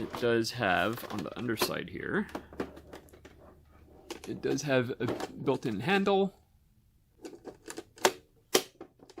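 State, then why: Seated. Someone talks while handling a plastic Brother EP5 thermal typewriter, then folds the built-in carry handle on its underside back into its recess. After a few quieter knocks and rattles, two sharp clicks at 8.1 s and 8.6 s mark the fold-out carry handle snapping back into place.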